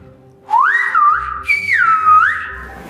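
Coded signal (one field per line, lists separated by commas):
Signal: whistled language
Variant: Silbo Gomero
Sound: two gliding whistled phrases rising and falling in pitch, about two seconds total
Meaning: Good morning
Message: buenos dias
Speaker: dus als je 'buenos dias' zegt in het Spaans, klinkt het zo in het Silbo: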